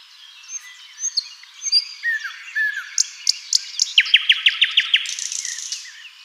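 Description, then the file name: Common nightingale phrases of descending whistles and chirps leading into a crisp, evenly repeated run of loud notes, ending in a soft buzz. "Luscinia megarhynchos"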